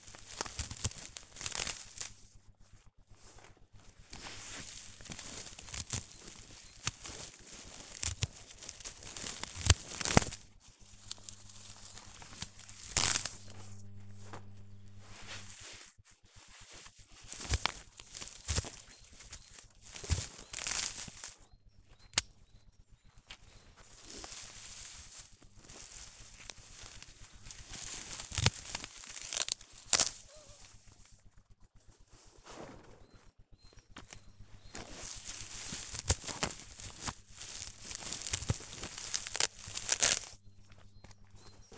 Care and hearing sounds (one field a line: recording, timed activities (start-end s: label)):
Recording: household activities, microphone on the right wrist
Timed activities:
0.00-37.36 s: cutting plants (near water)